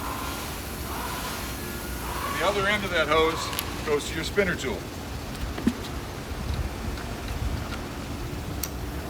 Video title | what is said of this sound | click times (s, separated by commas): Sandia Products: 1200 PSI Hard Surface Extractor (80-5000) Set Up, Demonstration, & Maintenance | dude that snap like to stand behind it so you can force it at you so | 8.6 s